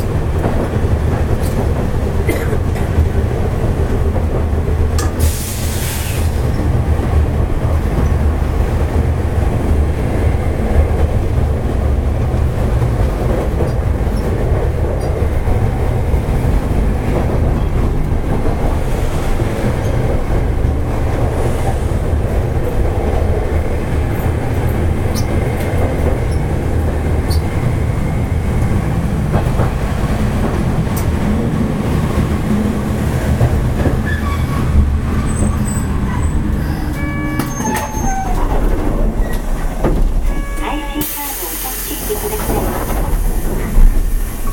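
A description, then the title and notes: A tram rumbles steadily while running, with dense low motor and wheel noise, a brief hiss near five seconds, and brakes squealing before slowing near forty seconds. 阪堺電車701形 あびこ道から恵美須町まで. 阪堺電気軌道701形電車の走行音です。 阪堺線で録音しました。 It is running sound of train 701 type Hankai Tram Train.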